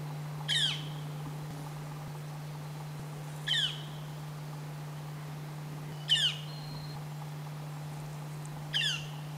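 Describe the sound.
Bird calls: four harsh, downward-sweeping notes rich in overtones, spaced about every two to three seconds, over a steady low hum.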